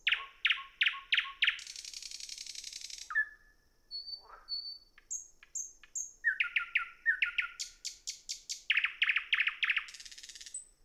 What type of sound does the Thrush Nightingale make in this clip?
song